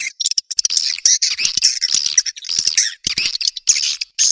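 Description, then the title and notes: Swiftlet calls: harsh high twitters in short bursts, with brief silences between bursts. Sound used in swiftlet farming in Asia to attract birds. "Swiflet Bird Sound. Farming Swiflet Bird asia sound"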